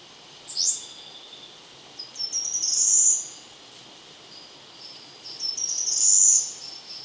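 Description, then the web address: Choco Warbler: a sharp high note, then two high, buzzy phrases separated by a pause. Ecuador. "Birds of Ecuador Choco Warbler"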